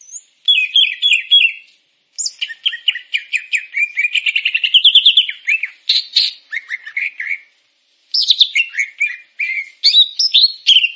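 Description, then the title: Grey-cheeked bulbul song opening with a repeated slurred note, then a long rapid trill and mixed whistled phrases separated by short silences. "Kicau Burung Cucak Jenggot"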